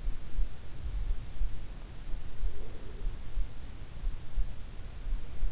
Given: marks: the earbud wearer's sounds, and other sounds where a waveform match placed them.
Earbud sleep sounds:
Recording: sounds in sleep by an in-ear microphone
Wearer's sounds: breath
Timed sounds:
2.02-4.26 s: breath

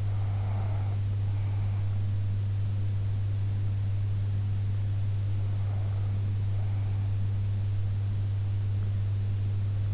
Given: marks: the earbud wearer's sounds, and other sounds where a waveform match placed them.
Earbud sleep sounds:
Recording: sounds in sleep by an in-ear microphone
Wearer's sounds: breath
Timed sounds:
0.00-1.96 s: breath

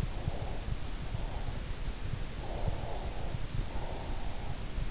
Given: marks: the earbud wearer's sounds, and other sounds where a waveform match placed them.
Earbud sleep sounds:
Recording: sounds in sleep by an in-ear microphone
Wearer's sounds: breath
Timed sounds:
0.00-1.63 s: breath
2.40-4.62 s: breath

